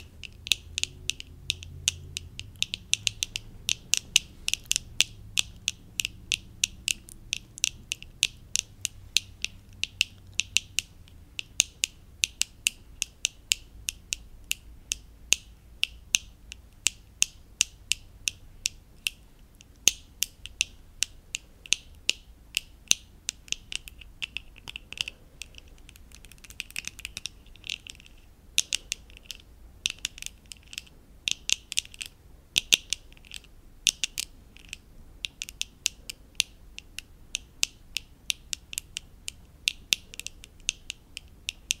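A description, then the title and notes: Rapid, crisp tapping and scratching clicks, bright and dense, continue steadily throughout, with a faint low hum early on that fades. ASMR Tingly Tapping, Tracing & Scratching.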